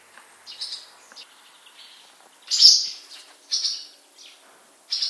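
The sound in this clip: Bird chirping: a few scattered soft high notes, then louder, sharper chirps toward the end.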